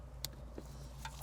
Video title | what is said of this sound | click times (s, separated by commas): Fix Weak Bass Fast – Here’s How - 2021 Toyota Venza Beat-Sonic Plug & Play Amplifier | right here push it in you'll hear a click | 0.2 s